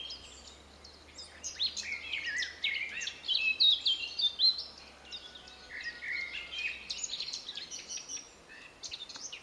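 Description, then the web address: Eurasian blackcap singing a busy run of chirps and clear whistled notes in fast bursts. "pub SETE data Sylvia atricapilla"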